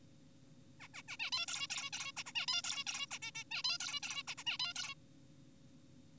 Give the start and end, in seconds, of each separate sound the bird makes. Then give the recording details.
0.80-0.88, 0.94-1.02, 1.08-1.17, 1.20-1.30, 1.32-1.46, 1.48-1.67, 1.70-1.90, 1.93-2.12, 2.17-2.24, 2.26-2.32, 2.36-2.46, 2.48-2.62, 2.64-2.84, 2.87-3.06, 3.11-3.18, 3.22-3.31, 3.35-3.44, 3.51-3.62, 3.64-3.78, 3.80-4.00, 4.03-4.23, 4.28-4.35, 4.38-4.44, 4.46-4.58, 4.60-4.74, 4.76-4.94. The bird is an adult. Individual g4p5U